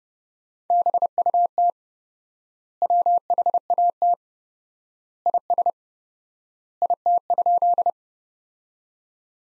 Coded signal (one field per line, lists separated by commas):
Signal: Morse code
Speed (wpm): 30 wpm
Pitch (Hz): 700 Hz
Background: none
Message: BUT WHAT IS IT?